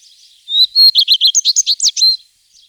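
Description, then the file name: Common redstart song opening with clear whistles, followed by a quick series of high tinkling notes and a final drawn-out note. "Pleszka"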